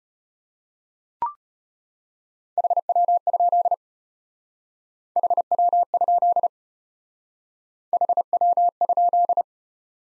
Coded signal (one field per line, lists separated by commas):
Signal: Morse code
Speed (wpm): 33 wpm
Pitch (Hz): 700 Hz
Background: none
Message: HW? HW? HW?